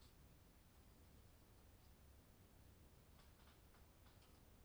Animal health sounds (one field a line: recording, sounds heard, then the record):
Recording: poultry house recording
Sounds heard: no chicken sound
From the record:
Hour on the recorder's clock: 22